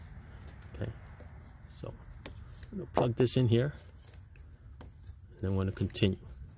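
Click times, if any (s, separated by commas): none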